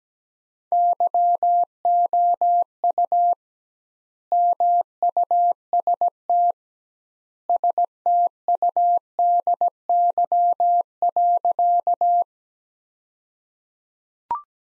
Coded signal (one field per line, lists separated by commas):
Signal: Morse code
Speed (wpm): 17 wpm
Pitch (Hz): 700 Hz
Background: none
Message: YOU MUST STUDY.